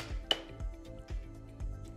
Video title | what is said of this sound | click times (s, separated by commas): How to Assemble and Use Your Bona Spray Mop for Hardwood Floors | Next , insert the upper spray mop handle into the lower pole by aligning the similar profiles and pushing together until you hear a click. | 0.3 s